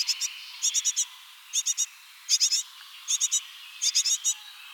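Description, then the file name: Great tit churring: crisp bursts of three or four buzzy ticks, repeated every second or so. "Parus major"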